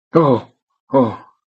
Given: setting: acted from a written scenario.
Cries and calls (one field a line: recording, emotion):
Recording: vocal sound without words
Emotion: fear